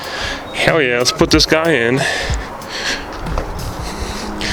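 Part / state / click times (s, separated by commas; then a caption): plastic emblem badge into truck hood / seated / 3.4 s. A paint-matched plastic hood badge is pressed by hand into the mounting holes on a truck hood while someone talks. One sharp click is heard at 3.4 seconds as the badge snaps into place and seats.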